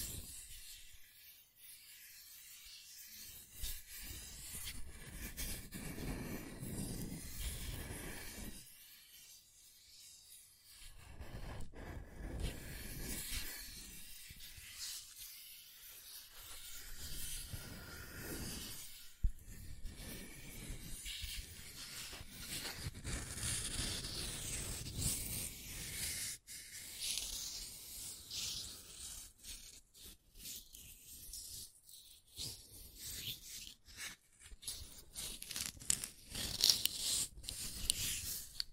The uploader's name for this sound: Scratching & Tracing